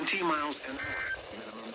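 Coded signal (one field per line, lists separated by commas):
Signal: Emergency Alert System (SAME) tones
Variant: end-of-message bursts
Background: speech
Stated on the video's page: Required Weekly Test tones received from two NOAA Weather Radio stations.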